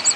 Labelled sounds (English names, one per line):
Ovenbird flight call